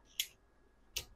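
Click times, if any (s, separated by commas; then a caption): 0.2 s, 1.0 s. A 3D printed plastic center lock is screwed down into the middle of a printed tablet stand base until its sprung latch engages. Two sharp clicks are heard at 0.2 s and 1.0 s, and the lock is seated and locked in place.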